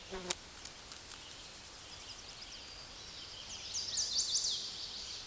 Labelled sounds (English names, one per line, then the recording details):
Chestnut-sided Warbler song
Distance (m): 10 m
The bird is about level with the microphone
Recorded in a Pennsylvania forest on 16 May 2024 at 09:30
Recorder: AudioMoth, point MSD-1534
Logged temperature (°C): 15.6 °C
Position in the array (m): 36 m, 31 m